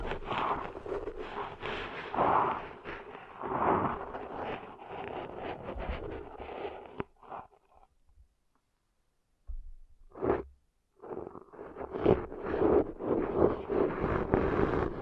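Ear cleaning sounds of dense rustling and scraping with muffled thumps, going briefly silent around eight seconds before resuming busily.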